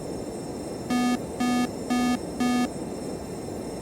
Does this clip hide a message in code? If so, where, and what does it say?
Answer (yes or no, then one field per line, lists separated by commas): no